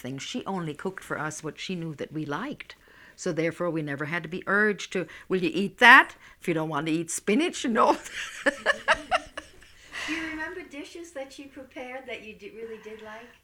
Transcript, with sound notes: She only cooked for us what she knew that we liked, so therefore we never had to be urged to, "Will you eat that?" If you don't want to eat spinach, no. ( she laughs )
Do you remember dishes that she prepared that you really did like?